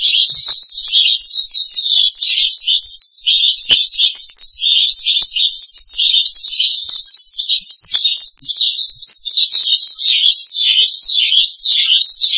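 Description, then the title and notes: Starling song: an unbroken, dense chattering warble of high, rapidly wavering notes running through the whole stretch. "suara burung jalak"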